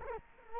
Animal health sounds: mosquito wingbeat signal from an infrared sensor; Culex quinquefasciatus

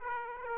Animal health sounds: mosquito wingbeat signal from an infrared sensor; Aedes aegypti

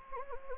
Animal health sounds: mosquito wingbeat signal from an infrared sensor; Anopheles gambiae

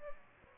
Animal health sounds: mosquito wingbeat signal from an infrared sensor; Aedes aegypti

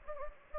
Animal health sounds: mosquito wingbeat signal from an infrared sensor; Anopheles gambiae

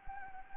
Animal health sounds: mosquito wingbeat signal from an infrared sensor; Anopheles gambiae

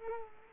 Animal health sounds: mosquito wingbeat signal from an infrared sensor; Culex quinquefasciatus

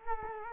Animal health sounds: mosquito wingbeat signal from an infrared sensor; Culex quinquefasciatus

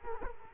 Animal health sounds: mosquito wingbeat signal from an infrared sensor; Culex quinquefasciatus

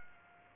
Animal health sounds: mosquito wingbeat signal from an infrared sensor; Aedes aegypti

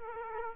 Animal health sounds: mosquito wingbeat signal from an infrared sensor; Culex quinquefasciatus

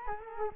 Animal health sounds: mosquito wingbeat signal from an infrared sensor; Culex quinquefasciatus

